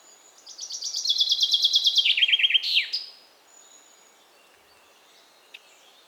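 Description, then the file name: Common chaffinch delivers a single cascading song of fast chipping notes falling in pitch, closing with an emphatic flourish, then near silence with one faint tick. "Fringilla coelebs"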